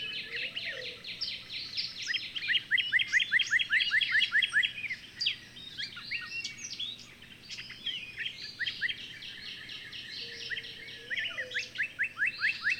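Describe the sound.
Bird song with dense runs of rising chirps and mixed twitters, fading slightly midway, plus a couple of brief low whistles at the start and near the end.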